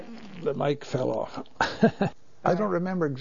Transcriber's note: laughs